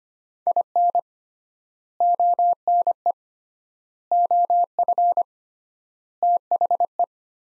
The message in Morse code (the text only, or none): IN ONE OF THE